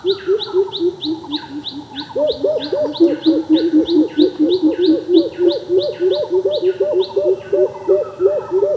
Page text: Greater Coucal Calls. Quick Sounds